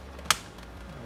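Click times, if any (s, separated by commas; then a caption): 0.3 s. A steering column trim panel on a Porsche 911 is pressed up against the top of the steering column until it clips into the dashboard/column surround. A single sharp snap is heard at 0.3 s, followed by a quiet low hum. The panel is seated and snaps into place nicely.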